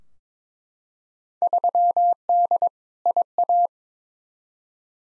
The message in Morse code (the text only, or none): 3D IA